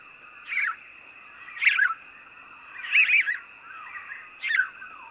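House sparrow chirps: four quick, harsh cheeps, the third doubled, roughly one per second, against a continuous high-pitched hum.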